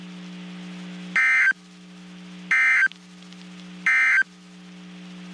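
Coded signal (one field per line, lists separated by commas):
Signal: Emergency Alert System (SAME) tones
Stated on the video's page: Severe thunderstorm watch and warnings relayed by a NOAA weather radio station in Waco, Texas.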